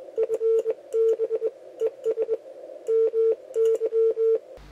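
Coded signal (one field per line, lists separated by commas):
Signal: Morse code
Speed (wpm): 21 wpm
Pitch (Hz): 450 Hz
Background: radio noise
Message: FB ES MY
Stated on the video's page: Morse code learning lesson using mnemonic phrases to memorize characters.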